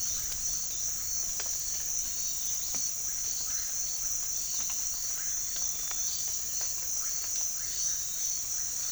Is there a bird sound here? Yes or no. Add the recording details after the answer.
no. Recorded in pastures near Puerto Asís, Putumayo, Colombia, on 25 June 2025 at 06:30. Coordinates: 0.466, -76.322. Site GP07